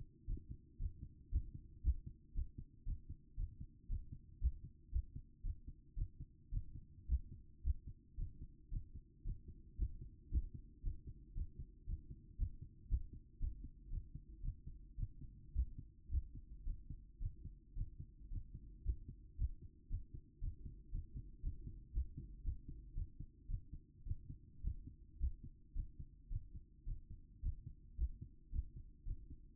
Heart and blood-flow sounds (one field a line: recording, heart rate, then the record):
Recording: heart sounds by stethoscope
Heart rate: 113 bpm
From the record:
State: after exercise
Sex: female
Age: 27 years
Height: 169 cm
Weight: 63 kg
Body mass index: 22.06